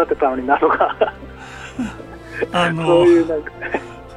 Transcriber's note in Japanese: 苦笑